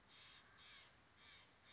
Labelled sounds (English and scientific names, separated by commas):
Steller's Jay (Cyanocitta stelleri)